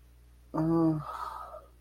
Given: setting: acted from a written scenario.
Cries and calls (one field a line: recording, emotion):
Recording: vocal sound without words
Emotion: desire